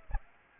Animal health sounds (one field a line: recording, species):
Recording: mosquito wingbeat signal from an infrared sensor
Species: Aedes aegypti